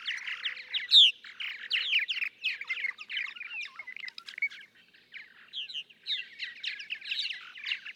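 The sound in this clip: Purple martin song, bubbling chatter of liquid notes with one loud high note early on.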